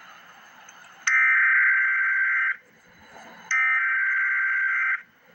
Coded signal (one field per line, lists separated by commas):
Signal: Emergency Alert System (SAME) tones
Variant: header bursts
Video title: EAS Update - Wind Advisory - Dec 29, 2024 at 4:33 PM EST